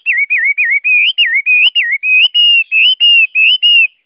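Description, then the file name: Chinese hwamei song: loud looping whistled notes repeated rapidly, each with a rising and falling twist, steady and ringing. Song in the 'forest voice' (giọng rừng) style. "Tieng hoa mi hot giong rung"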